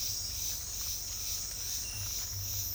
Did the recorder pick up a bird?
no